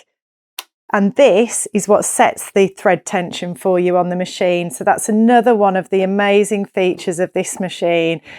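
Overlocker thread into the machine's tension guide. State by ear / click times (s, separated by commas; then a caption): seated / 0.6 s. Green thread is pulled into the automatic tension guide on the back of a Baby Lock Enlighten overlocker and snaps into place with a short, sharp tick at 0.6 s. Someone then talks, and the thread is seated in the guide.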